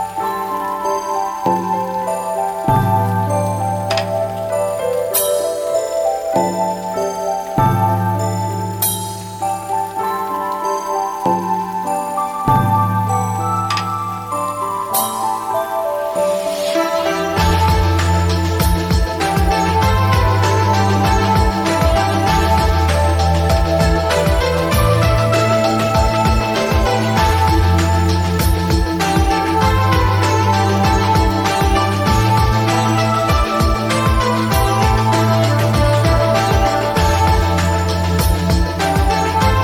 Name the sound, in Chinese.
純音樂雨天版